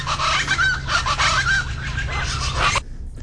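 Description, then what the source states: Plain Chachalacas calling together, harsh rhythmic cackling phrases overlapping, then stopping abruptly near the end, with low background hum. Group chorus of two or three birds; species calls often before sunrise in noisy groups of 8 to 12 or more, all joining in, likened to an alarm clock.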